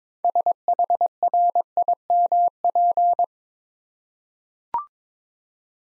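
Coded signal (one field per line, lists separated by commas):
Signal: Morse code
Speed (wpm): 22 wpm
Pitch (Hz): 700 Hz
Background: none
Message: SHRIMP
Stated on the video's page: Morse practice set of easy words at 22 wpm, using contextual hints (priming) before each word.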